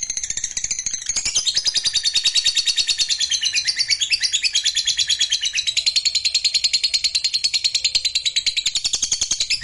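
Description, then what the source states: Lovebird song: a long, fast, shrill chattering trill of rapid repeated high notes, pulsing about three times a second, continuous throughout. Lovebird song played to stimulate lovebirds.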